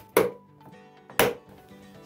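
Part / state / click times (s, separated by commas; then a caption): incubator lid hinges into base / seated / 0.2 s, 1.2 s. The plastic lid hinges of an IncuView 3 Pro incubator are aligned with the base and pressed together, giving two sharp snaps at 0.2 s and 1.2 s over a quiet, faint background. The hinges snap home and the lid is seated on the base.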